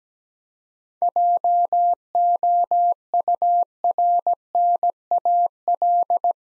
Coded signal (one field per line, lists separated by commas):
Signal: Morse code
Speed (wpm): 17 wpm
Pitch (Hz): 700 Hz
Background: none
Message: JOURNAL